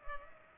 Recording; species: mosquito wingbeat signal from an infrared sensor; Culex pipiens